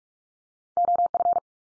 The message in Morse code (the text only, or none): OF